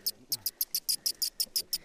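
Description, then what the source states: Bat echolocation pulses, heard as short bright clicking bursts repeated steadily about every 0.15 seconds over a quiet background. At a national wildlife refuge on Kodiak, part of statewide research on bat species.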